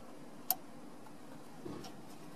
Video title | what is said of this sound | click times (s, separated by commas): Add Factory Navigation to SYNC 3 - 2016+ Ford Mustang | with the three screws back in we'll just reconnect the screen connector carefully push it in till it clicks | 0.5 s